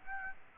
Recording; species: mosquito wingbeat signal from an infrared sensor; Aedes aegypti